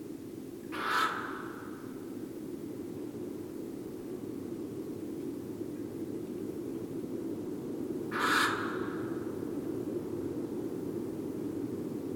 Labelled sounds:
Western Barn Owl call
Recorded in the wild
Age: adult
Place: Burg Stargard, Mecklenburg-Vorpommern, DE
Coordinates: 53.441, 13.347
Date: 1981-08-31
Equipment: Nagra III BH, Sennheiser MD 21, parabola
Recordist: Schubert, Michael

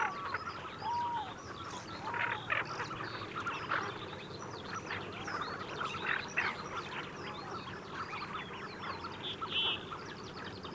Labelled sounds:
Tufted Duck call
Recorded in the wild
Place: Gingst, Insel Rügen, Mecklenburg-Vorpommern, DE
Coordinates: 54.534, 13.303
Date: 1977-03-27
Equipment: Nagra III BH, Sennheiser MD 21, parabola
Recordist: Schubert, Michael

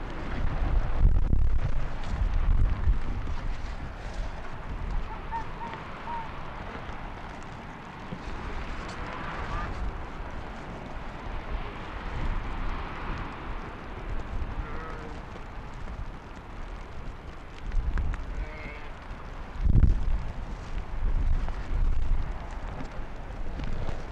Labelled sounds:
Arctic Fox
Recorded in the wild
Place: Insel Mednyi, Kommandeur-Inseln, RU
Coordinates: 54.5167, 168.083
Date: 1999-07-09 16:30
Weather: Niesel, 6°C, starker Westwind
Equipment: Sony WM-D6C, Sennheiser ME 80, K 30 AV, Windkorb, Kopie Tascam DA 30
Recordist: Jakupi, Antje
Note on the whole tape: Südosten der Insel, Geröllfeld: Von der Grathöhle aus waren bisher vier Bellstrophen zu hören. Sechs Bellstrophen aufgezeichnet. Eventuell Rüde Grün/Grün 68, den ich kurz zuvor gesehen hatte. Starke Windgeräusche!!! Entfernung 100 m. Tier nicht gesehen

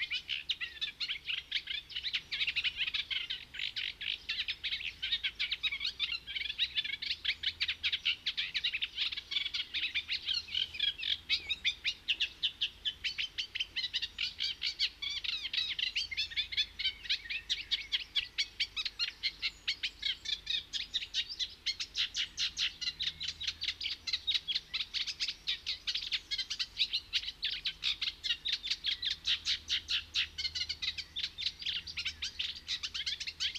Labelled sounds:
Eurasian Reed Warbler song
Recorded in the wild
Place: Kühkopf, Hessen, DE
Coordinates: 49.8242, 8.44944
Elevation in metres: 85
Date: 1975-06-01
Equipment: Nagra IV, Sennheiser MKH 405, Parabolreflektor
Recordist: Tretzel, Erwin

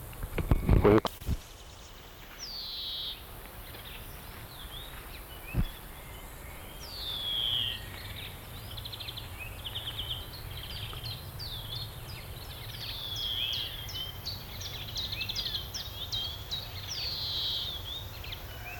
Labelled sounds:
European Greenfinch call
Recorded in the wild
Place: Schildow, NSG, Kalktuffgelände am Tegeler Fließ (NSG Schildow), Berlin, DE
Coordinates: 52.642, 13.37
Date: 1992-07-04 11:16
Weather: sonnig (schwül), 24-28°C
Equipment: Marantz CP 430, Sennheiser ME 80, Kopie Tesla B 116
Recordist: Tembrock, Günter

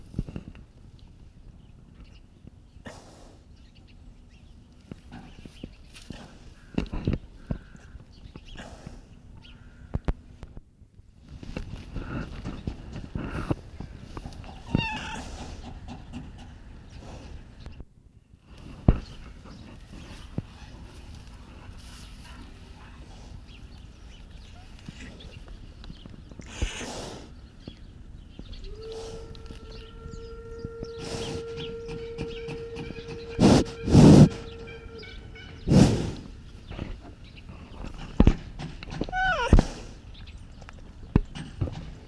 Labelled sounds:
Wapiti
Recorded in captivity
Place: Tierpark Berlin, Berlin, DE
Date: 1968-10-26 11:30
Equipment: Uher 4000 Report-S, Sennheiser MD 421
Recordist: Tembrock, Günter

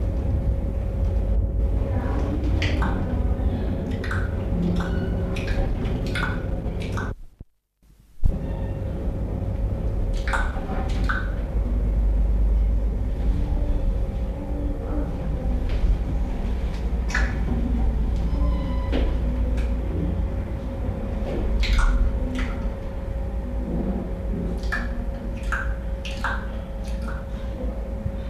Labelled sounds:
King Colobus
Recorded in captivity
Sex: female
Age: adult
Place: Zoo Rostock, Mecklenburg-Vorpommern, DE
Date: 1975-12-05 11:45
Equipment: Uher CR 210, Sennheiser MD 421, Verstärker, Kopie Unitra ZK 246
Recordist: Tembrock, Günter

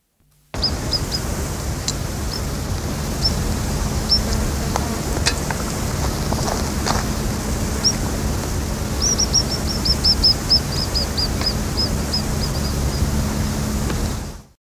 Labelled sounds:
Common Babbler call
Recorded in the wild
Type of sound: call
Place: Jodhpur, IN
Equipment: Halbspur, 9,5 cm/s
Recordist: Lütgens, Hans
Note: Rufe

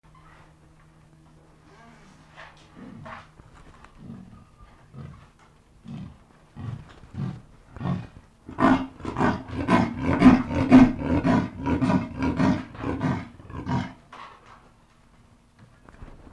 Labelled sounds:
Leopard call
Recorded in captivity
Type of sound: call sequence
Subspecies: fusca
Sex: male
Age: adult
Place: Tierpark Berlin, Berlin, DE
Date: 1960-04-02 17:45
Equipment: Reporter (Vollspur)
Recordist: TSA
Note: Indischer Leopard (Panthera pardus fusca): Rufreihe. Abstand 1,5 m

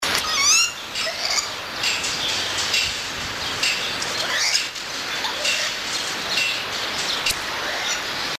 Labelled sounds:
Red-faced Spider Monkey call
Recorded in captivity
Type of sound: call
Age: adult
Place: Zoo Berlin, Berlin, DE
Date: 1984-03-24 12:18
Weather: sunny, 5°C
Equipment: Sony TCM-7, Olympus Mi-7, Kopie Uher 4000 Report Monitor
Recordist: Tembrock, Günter
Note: Helle Laute; jüngeres Tier

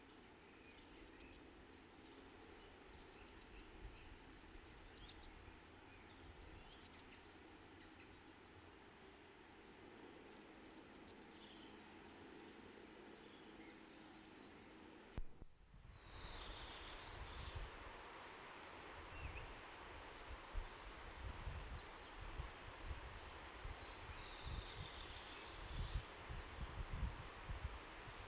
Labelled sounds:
Eurasian Blue Tit song
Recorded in the wild
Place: Garmisch-Partenkirchen, Bayern, DE
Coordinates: 47.4892, 11.1467
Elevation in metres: 956
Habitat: mountains
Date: 1973-04-26
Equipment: Nagra IV, Sennheiser MKH 405, Parabolreflektor
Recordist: Tretzel, Erwin

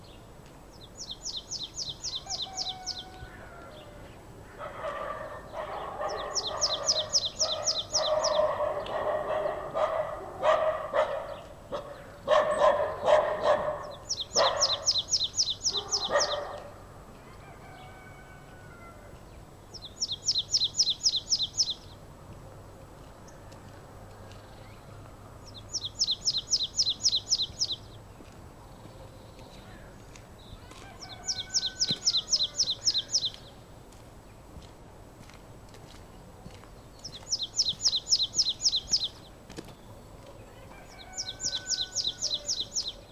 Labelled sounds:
Marsh Tit
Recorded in the wild
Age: adult
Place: Bled, SI
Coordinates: 46.37, 14.11
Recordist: Brunner, Thomas
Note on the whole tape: Aufnahme Ende März, Bled, bei Tante Ivanka

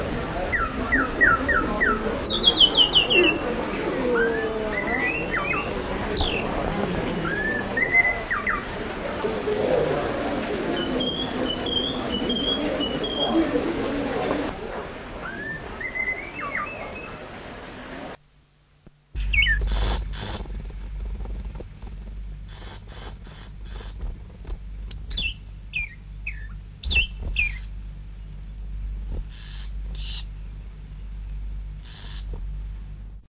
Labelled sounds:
Spotted Morning-Thrush song
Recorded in captivity
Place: Vogelpark Walsrode, Niedersachsen, DE
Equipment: Halbspur, 9,5 cm/s
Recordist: Lütgens, Hans
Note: Gesang

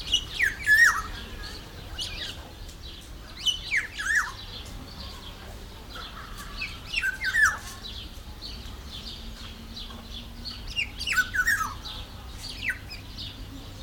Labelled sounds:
Black-naped Oriole
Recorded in captivity
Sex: male
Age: adult
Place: Zoo Berlin, Berlin, DE
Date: 1993-06-05 10:55
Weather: 20-25 °C, sonnig
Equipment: Marantz CP 430, Sennheiser ME 80, Kopie Uher Variocord 263
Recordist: Tembrock, Günter

